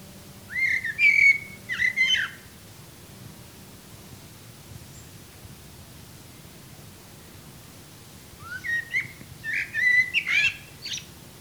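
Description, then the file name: Eurasian blackbird gives a fluty whistled phrase, goes silent for several seconds, then sings a second phrase of mellow notes mixed with high chirpy twitters. "Turdus merula"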